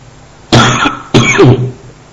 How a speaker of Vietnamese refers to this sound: Sáng tại nó ho một cách đặc biệt, mình không chọc ghẹo gì nó vẫn cứ ho.